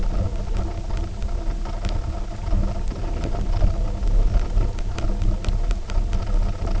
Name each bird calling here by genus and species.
none